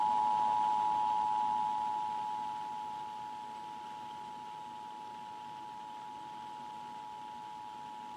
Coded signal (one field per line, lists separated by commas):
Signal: Emergency Alert System (SAME) tones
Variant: 853 and 960 Hz attention tone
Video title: Indian Point EAS Test (2/14/18)